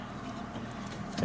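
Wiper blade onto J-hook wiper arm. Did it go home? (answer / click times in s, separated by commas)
no / none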